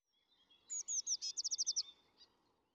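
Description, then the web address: Eurasian blue tit call: a quick series of about ten high, thin chittering notes over roughly one second, followed by a single faint note, against quiet background. "Fontainebleau Demo. blue tit"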